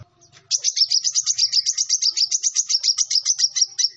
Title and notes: MASTERAN KOLIBRI NINJA TERBAIK FULL ISIAN DAN TEMBAKAN MEWAH COCOK BUAT PANCINGAN. Suara Burung Kolibri Ninja Gacor